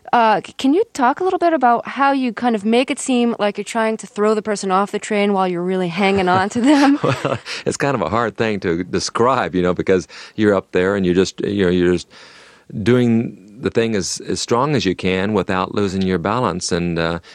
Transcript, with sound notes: Can you talk a little bit about how you kind of make it seem like you're trying to throw the person off the train while you're really hanging on to them?
(LAUGHTER)
Well, it's kind of a hard thing to describe, you know, because you're up there and you just - you know, you're just doing the thing as strong as you can without losing your balance.